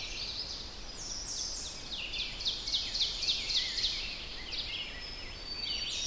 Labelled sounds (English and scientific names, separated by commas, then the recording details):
Ovenbird (Seiurus aurocapilla) song
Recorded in boreal forest in Alberta, Canada, on 10 June 2016 at 07:50
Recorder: SongMeter 3, array SBT-3-39
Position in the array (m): 215 m, 167 m
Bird 17